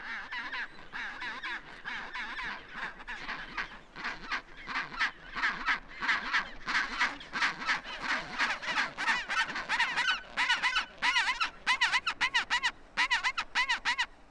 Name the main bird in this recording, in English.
Chinstrap Penguin